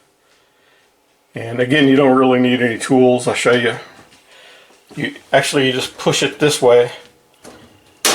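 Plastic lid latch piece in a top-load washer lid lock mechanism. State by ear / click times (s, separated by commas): released / 8.0 s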